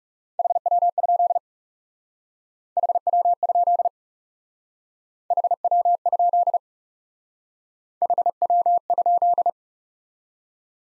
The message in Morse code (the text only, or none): HW? HW? HW? HW?